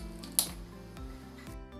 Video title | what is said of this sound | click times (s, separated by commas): นมสด ชงขวด พร้อมดื่ม Fresh Milk No ice | ได้ยินเสียงแบบนี้แสดงว่าบรรจุภัณฑ์ได้ถูกซีลเรียบร้อยแล้วค่ะ | 0.4 s